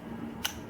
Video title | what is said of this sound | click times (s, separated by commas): Bryton Rider 60 - Unboxing | through 90 degrees and you can just hear it click into place very | 0.4 s